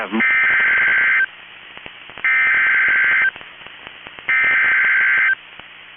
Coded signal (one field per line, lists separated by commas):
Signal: Emergency Alert System (SAME) tones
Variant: header bursts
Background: speech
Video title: EAS Timeline: Destructive Storms Pound the Twin Cities and Minnesota State Fair | NOAA Weather Radio